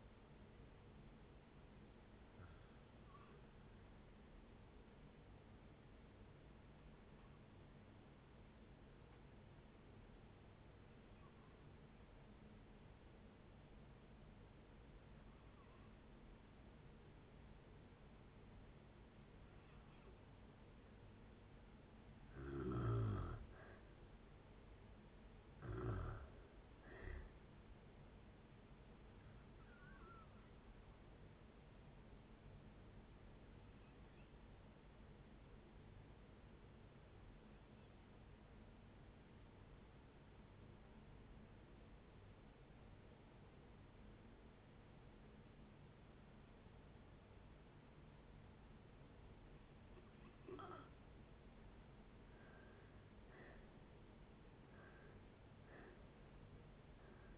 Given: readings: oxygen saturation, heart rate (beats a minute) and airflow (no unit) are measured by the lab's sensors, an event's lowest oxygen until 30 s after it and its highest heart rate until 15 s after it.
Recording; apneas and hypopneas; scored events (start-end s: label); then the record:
breathing in sleep by a voice recorder at the bedside; 2
3.00-22.60 s: hypopnea (N2, oxygen 96% highest, then 83% lowest, heart rate 64 at the start, 66 highest)
3.00-33.00 s: new sleep stage, N1 (lightest sleep)
33.00-57.38 s: new sleep stage, N2 (light sleep)
38.00-52.30 s: obstructive apnea (N2, oxygen 94% highest, then 80% lowest, heart rate 63 at the start, 77 highest)
From the record:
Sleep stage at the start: N2 (light sleep); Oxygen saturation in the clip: 79 to 96%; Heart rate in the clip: 55 to 71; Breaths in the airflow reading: 11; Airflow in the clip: -5.9 to 8.0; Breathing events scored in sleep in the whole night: 496 in 5.4 hours asleep